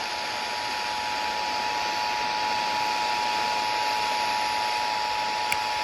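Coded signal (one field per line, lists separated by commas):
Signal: Emergency Alert System (SAME) tones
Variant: 853 and 960 Hz attention tone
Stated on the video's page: Real EAS alert tones from a marginal-risk severe weather event in the Carolinas.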